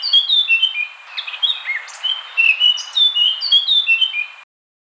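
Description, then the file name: Eurasian blackcap song: clear fluty whistles in short falling phrases over a light hiss; ends abruptly. Song presented in all its variations. "burung blackcup semua variasi"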